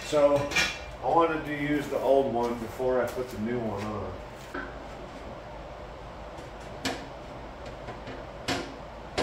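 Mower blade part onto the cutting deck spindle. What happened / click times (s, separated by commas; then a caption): Metal mower part handled, not yet seated / none. During a blade change on a 25-year-old Snapper riding mower, a metal blade or blade adapter part is handled and pushed toward the cutting deck spindle. Someone talks over music for the first few seconds, then sharp metallic knocks land at about 4.6, 6.9, 8.5 and 9.2 seconds. The clip ends before the part goes home; nothing has seated or clicked yet.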